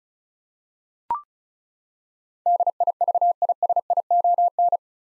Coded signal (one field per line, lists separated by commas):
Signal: Morse code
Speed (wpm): 34 wpm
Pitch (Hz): 700 Hz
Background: none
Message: DIVISION